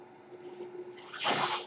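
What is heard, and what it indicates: A faint steady hum, then a swelling airy whoosh: a home mechanical ventilator pushing a breath.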